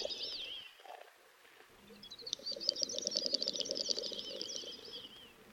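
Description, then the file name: Great snipe display song: a few high whistled sweeps, a pause, then a dense run of fast clicks and twitters over a low bubbling hum. Russia. "Pticy Rossii - Dupel Gallinago media"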